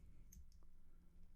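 The Mr Fusion reactor part on a die-cast DeLorean model kit is swung round into its base on the model car. A faint, short click is heard at 0.3 s as the part locks into place, followed by a few softer ticks. The part is now seated and locked in.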